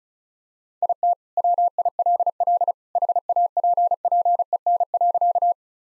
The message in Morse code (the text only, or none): IT WILL HAPPEN.